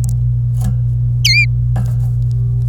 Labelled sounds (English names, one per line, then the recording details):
Domestic Canary song
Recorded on 26 April 2018 at 11:32
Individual llb3